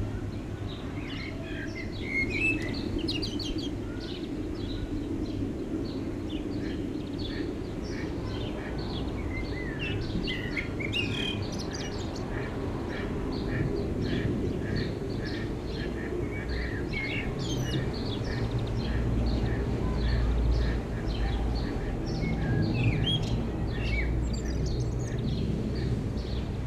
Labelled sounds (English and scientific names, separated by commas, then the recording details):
Common Blackbird (Turdus merula) song
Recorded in the wild
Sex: male
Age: adult
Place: Garmisch-Partenkirchen, Bayern, DE
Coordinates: 47.4917, 11.0794
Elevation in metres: 703
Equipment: Uher 4000, Sennheiser MKH 415 T
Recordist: Tretzel, Erwin